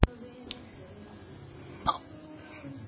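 Adult woman with hiccups that are not very loud. The hiccups have been going on since she arrived at work.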